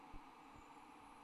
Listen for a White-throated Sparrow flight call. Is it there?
no